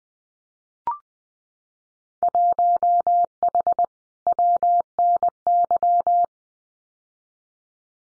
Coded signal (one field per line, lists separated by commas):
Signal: Morse code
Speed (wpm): 20 wpm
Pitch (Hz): 700 Hz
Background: none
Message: 1H WNY